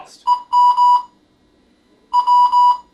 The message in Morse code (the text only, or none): EM W